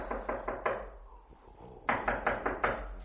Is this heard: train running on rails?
no